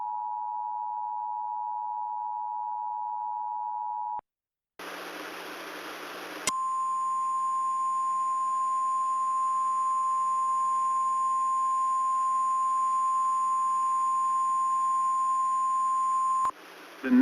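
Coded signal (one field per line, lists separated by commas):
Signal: Emergency Alert System (SAME) tones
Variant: 853 and 960 Hz attention tone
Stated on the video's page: Valid tones from a real Tornado Warning, replayed as a test of a new EASyPLUS screen.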